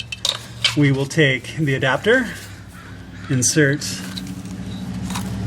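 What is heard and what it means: Someone talks while handling the keyed adapter plug of a Burger Tuning JB4 as it is brought to the fuel rail pressure sensor connector on a BMW F32 435i with the N55 engine. Brief handling knocks come at about 0.1, 0.3, 0.7, 4.2 and 5.1 s. The plug has not seated or clicked yet.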